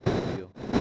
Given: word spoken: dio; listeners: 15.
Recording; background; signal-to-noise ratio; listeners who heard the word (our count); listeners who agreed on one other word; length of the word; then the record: one Spanish word in noise, from a listening test; noise modulated by one talker; -8.0 dB; 0 of 15; 6 of 15; 0.41 s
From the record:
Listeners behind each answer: 6, 4, 1, 1, 1, 1, 1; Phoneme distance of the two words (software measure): 17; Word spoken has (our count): 1 syllable, 3 phonemes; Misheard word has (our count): 1 syllable, 2 phonemes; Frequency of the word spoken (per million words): 197.45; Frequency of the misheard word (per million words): 1099.14